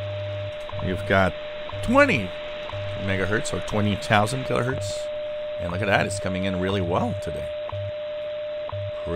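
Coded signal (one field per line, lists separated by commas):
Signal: radio time signal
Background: speech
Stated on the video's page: Shortwave time signal stations: WWV on 2.5–25 MHz, CHU on 3330, 7850, 14670 kHz, RWM on 4996, 9996, 14996 kHz in CW mode.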